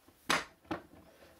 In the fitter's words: just push down till everything clicks into place okay